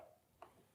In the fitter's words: and once you get a snap it will come up it will expose the bolt that you need to take off on both sides